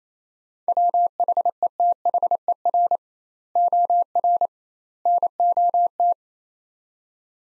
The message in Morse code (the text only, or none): WHETHER OR NOT